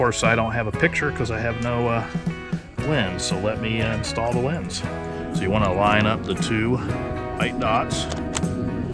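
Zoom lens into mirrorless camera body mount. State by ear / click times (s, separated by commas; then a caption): not seated / none. A Nikkor Z 24-200mm f/4-6.3 VR zoom lens is being lined up by its white dot with the white dot on the mount of a Nikon Z6ii mirrorless camera body, while someone talks over background music with guitar. The lens has not yet been twisted into the mount, so nothing has seated or clicked yet.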